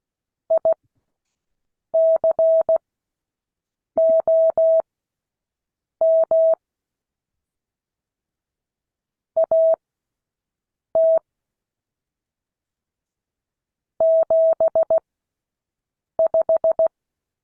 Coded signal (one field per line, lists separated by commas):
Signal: Morse code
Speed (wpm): 16 wpm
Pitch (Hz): 650 Hz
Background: none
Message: ICOM AT 75